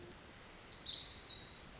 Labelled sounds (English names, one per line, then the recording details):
Pacific Wren
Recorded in Sonoma County, California